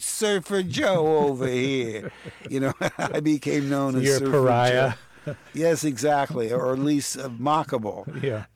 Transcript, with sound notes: It's Surfer Joe over here, you know?
(Laughter).
I became known as Surfer Joe.
So you're a pariah.
Yes, exactly, or at least mockable.